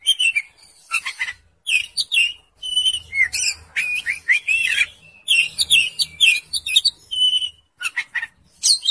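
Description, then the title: Oriental magpie-robin pouring out jumbled whistles, trills and harsh chattering notes in short bursts separated by brief silences, with a faint low rumble underneath. "Kacer"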